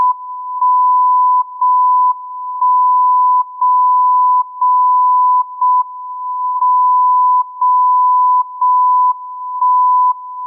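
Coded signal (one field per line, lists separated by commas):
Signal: radio time signal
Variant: JJY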